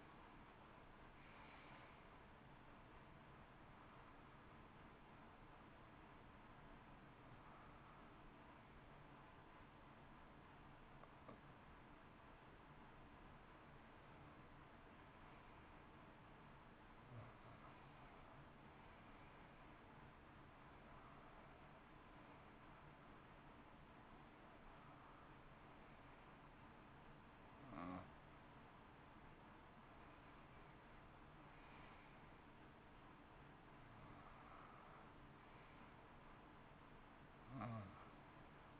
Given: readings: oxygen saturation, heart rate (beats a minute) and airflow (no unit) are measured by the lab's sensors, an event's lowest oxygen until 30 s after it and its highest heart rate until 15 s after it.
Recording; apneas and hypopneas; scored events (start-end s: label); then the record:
breathing in sleep by a voice recorder at the bedside; none
0.00-18.00 s: awake
17.00-38.80 s: new sleep stage, N1 (lightest sleep)
From the record:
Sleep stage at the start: awake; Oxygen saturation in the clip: 88 to 91%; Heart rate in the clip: 59 to 64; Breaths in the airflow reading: 12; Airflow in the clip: -8.4 to 8.3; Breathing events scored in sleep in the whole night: 328 in 6.3 hours asleep